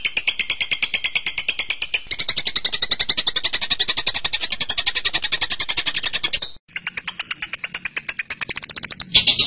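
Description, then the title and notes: Bird chattering in fast, even high pulses, briefly cut, then resuming with very high, sharp repeated notes. Birdsong used to train birds. "MASTERAN BURUNG. suarane manok"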